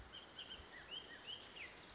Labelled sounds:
Bullock's Oriole (Icterus bullockii)
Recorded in Sonoma County, California

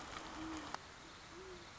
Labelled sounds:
Great Horned Owl (Bubo virginianus)
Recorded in Sonoma County, California

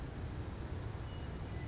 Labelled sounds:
Western Meadowlark (Sturnella neglecta)
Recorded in Sonoma County, California

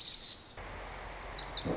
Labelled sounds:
Lazuli Bunting (Passerina amoena)
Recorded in Sonoma County, California

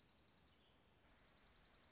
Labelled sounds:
Dark-eyed Junco (Junco hyemalis)
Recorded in Sonoma County, California

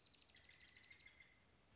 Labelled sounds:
Dark-eyed Junco (Junco hyemalis)
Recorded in Sonoma County, California

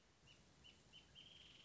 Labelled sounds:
Wrentit (Chamaea fasciata)
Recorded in Sonoma County, California

